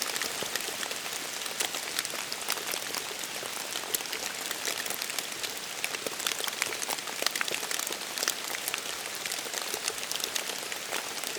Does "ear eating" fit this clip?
no